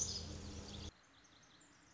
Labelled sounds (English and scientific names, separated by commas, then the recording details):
Pacific Wren (Troglodytes pacificus)
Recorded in Sonoma County, California